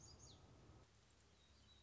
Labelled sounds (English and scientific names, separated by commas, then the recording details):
Black-throated Gray Warbler (Setophaga nigrescens)
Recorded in Sonoma County, California